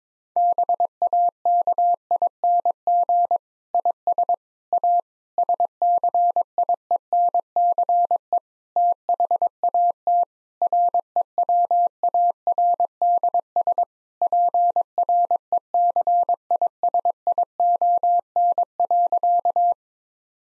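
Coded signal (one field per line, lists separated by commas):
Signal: Morse code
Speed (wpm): 22 wpm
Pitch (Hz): 700 Hz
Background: none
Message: BAKING IS A SCIENCE THAT REWARDS PRECISION.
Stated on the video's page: Morse practice at 22 wpm: difficult sentences with contextual hints as priming for copying.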